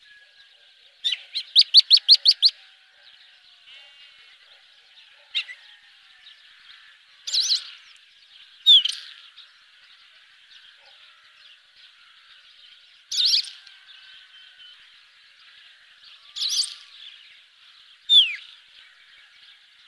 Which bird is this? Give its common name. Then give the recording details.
Isabelline Wheatear. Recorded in the wild. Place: Damtschik/Wolgadelta, RU. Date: 1998-05-12. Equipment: Dat-Recorder Casio DA 7, Telinga DAT, Telinga-Parabolspiegel. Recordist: Schwarz, Dieter. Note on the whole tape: Song